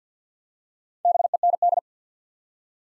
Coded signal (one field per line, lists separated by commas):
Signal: Morse code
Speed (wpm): 48 wpm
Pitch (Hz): 700 Hz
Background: none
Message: BEND